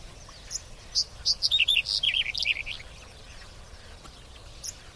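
Bird song: a quick run of bright chirps that steps downward in pitch, then a lone high note after a pause.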